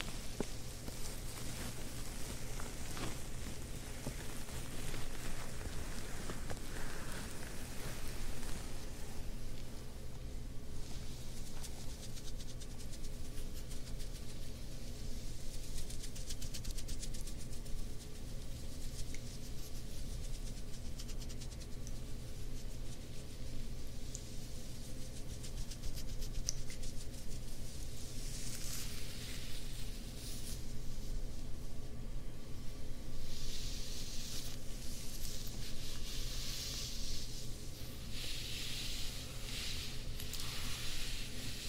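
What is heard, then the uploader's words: Ear massage with fabric scratching: soft, dense rustling and brushing that swells into brighter scratchy bursts, busiest in the opening seconds and again from about 28 seconds on. A steady low hum runs underneath throughout, and the overall level stays even. ASMR Ear Massages + Fabric Scratching on 3DIO.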